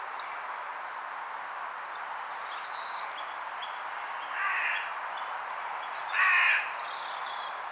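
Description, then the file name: Eurasian wren song: high, rapid trilled bursts and sharp twitters, several short phrases separated by pauses, over a steady soft hiss. "Troglodytes troglodytes"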